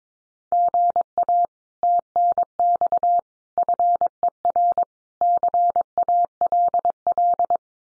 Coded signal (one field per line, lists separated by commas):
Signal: Morse code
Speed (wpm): 22 wpm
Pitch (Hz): 700 Hz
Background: none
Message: GA TNX FER CALL